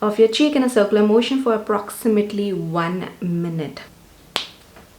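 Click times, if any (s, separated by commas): 4.4 s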